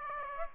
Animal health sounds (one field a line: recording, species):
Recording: mosquito wingbeat signal from an infrared sensor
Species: Aedes aegypti